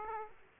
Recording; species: mosquito wingbeat signal from an infrared sensor; Aedes aegypti